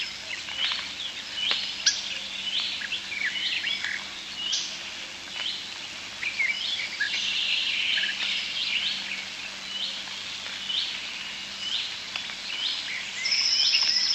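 European starlings chattering together, a continuous busy mix of rasping, clicking and whistled notes, with a steady high whistle near the end.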